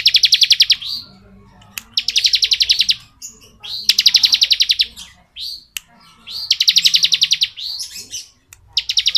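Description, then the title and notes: Bar-winged prinia song: a steady series of rapid, rattling trills, about five bursts in nine seconds, each ending in a short upslurred note. Ngebren song style of the ciblek, used as training audio for white-rumped shamas (murai batu). "Ciblek Ngebren Untuk Masteran Murai Batu. Suara burung ciblek - Suara Nada"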